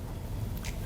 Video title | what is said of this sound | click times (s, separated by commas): How to get CarPlay & Android Auto on ANY Vehicle (2017 Chevy Silverado) | I hear it click in | 0.6 s